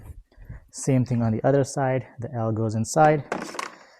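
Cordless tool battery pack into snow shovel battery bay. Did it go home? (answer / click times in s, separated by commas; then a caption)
no / none. A second 20V battery pack is guided into the battery bay on the other side of a Litheli cordless snow shovel, with its L-shaped notch going inside, while someone talks. Faint handling noises are heard as it is lined up, including a brief tick near the end. Nothing has seated or clicked yet.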